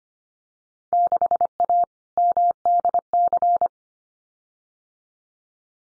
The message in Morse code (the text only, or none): 6A MDC